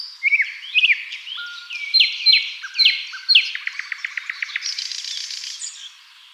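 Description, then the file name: Common nightingale singing: rising whistles, several loud downslurred notes, then a steady run of clicking repeated notes fading into a buzz. "Luscinia megarhynchos"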